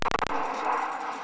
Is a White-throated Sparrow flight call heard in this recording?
no